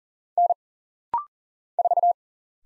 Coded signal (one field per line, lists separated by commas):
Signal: Morse code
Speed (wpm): 40 wpm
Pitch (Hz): 700 Hz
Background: none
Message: N 4